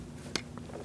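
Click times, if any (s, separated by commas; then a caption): none. The peg of an interior door handle repair kit for a 2008-2014 Mercedes-Benz C300 is pushed extra hard to seat and lock it into the plastic handle. A single sharp handling knock is heard at 0.4 s, followed by faint rustling and tapping. Nothing has seated or clicked yet; the part is still being handled and is not yet home.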